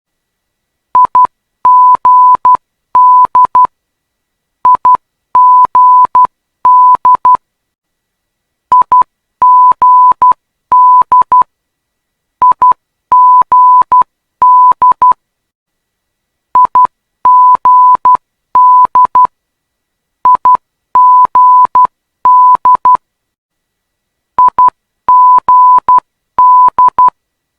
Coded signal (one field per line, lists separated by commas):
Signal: Morse code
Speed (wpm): 12 wpm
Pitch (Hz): 1000 Hz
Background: none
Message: IGD IGD IGD IGD IGD IGD IGD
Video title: Perth ILS-Y or LOC-Y RWY 21 - Morse Code Idents to Relax/Study to